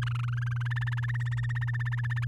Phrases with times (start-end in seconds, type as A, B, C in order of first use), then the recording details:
0.02-0.58 A, 0.60-2.25 B. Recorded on 11 May 2018 at 05:33. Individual llb16